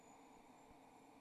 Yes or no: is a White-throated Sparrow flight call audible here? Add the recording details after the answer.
no. No flight call is heard. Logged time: 06:26 on 28 November 2014